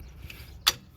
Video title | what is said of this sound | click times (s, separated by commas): How to Replace Front & Rear Brakes 2011-2021 Dodge Durango | There we go. You can hear it snap in. | 0.7 s